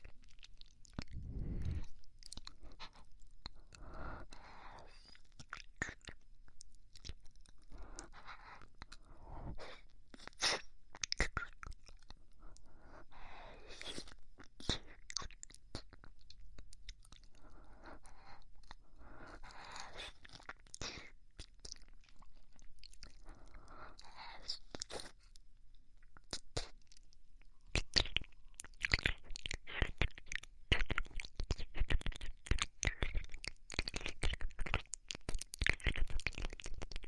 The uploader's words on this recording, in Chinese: 舔冰棒，喘息，甜耳，微人声。